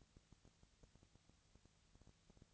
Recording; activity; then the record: daily activity, microphone in the room; no activity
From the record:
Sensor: 3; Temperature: 20.6 degrees Celsius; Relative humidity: 35.7%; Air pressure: 998.8 hPa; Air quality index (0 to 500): 235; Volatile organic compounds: 71 ppm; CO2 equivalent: 3524 ppm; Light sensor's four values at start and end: 2/3/2/2 and 2/3/2/2